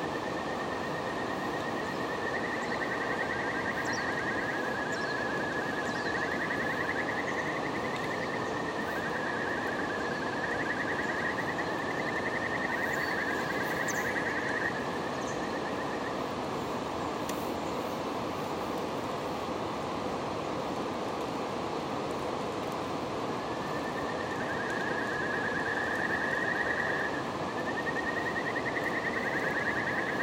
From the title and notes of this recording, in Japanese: 大分県玖珠町の三日月の滝温泉キャンプ場のリバーサイドの朝のBGMのみを配信します。心地よい川の流れと鳥のさえずり。